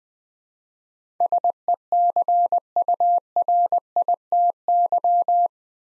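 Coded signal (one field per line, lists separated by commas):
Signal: Morse code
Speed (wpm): 20 wpm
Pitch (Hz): 700 Hz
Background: none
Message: SECURITY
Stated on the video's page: Morse practice at 20 wpm sending 8-letter words for head-copy training.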